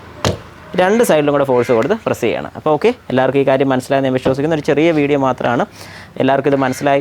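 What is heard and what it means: A rear wiper blade, folded out, pulled off and refitted to show the step again, is pressed into the wiper arm's plastic lock with force on both sides. A sharp click is heard at 0.2 s, and the blade seats home. Someone talks throughout the rest of the clip.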